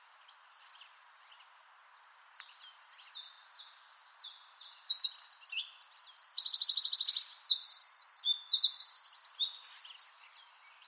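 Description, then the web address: Bird: a few soft scattered chips at first, then a loud high song of varied chirps and a rapid trill building for about six seconds. "Bird Only"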